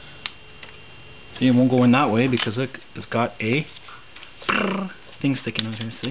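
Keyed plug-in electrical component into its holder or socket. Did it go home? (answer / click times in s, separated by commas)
no / none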